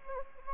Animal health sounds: mosquito wingbeat signal from an infrared sensor; Anopheles gambiae

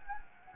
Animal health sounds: mosquito wingbeat signal from an infrared sensor; Anopheles gambiae

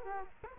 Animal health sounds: mosquito wingbeat signal from an infrared sensor; Culex quinquefasciatus

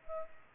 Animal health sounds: mosquito wingbeat signal from an infrared sensor; Culex pipiens

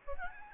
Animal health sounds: mosquito wingbeat signal from an infrared sensor; Aedes albopictus

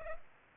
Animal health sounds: mosquito wingbeat signal from an infrared sensor; Culex pipiens

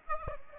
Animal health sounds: mosquito wingbeat signal from an infrared sensor; Aedes aegypti

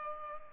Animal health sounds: mosquito wingbeat signal from an infrared sensor; Culex pipiens

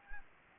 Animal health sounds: mosquito wingbeat signal from an infrared sensor; Anopheles gambiae

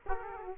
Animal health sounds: mosquito wingbeat signal from an infrared sensor; Culex quinquefasciatus

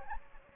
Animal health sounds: mosquito wingbeat signal from an infrared sensor; Anopheles gambiae

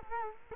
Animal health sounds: mosquito wingbeat signal from an infrared sensor; Culex quinquefasciatus

